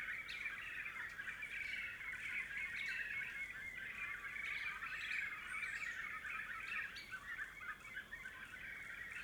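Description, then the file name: Several small birds chirping and squawking in an overlapping chorus, busy twittering notes throughout. Several small birds in forest at dusk. "Varios passarinhos entardecer na mata e passa uma abelha"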